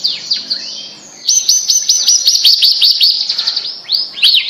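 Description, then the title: Bird song opening with a sweeping whistle, then a rapid burst of high repeated downslurred notes, ending with two more bright sweeps. "Kicau Burung Yoi"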